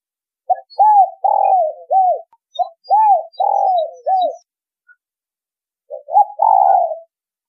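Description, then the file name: Spotted dove coo phrases, three in a row, each of short arched hooting notes with a longer rolling middle note; faint high chirps in the background. Spotted dove song in the giọng thổ đồng style. "tieng cu gay giong tho dong"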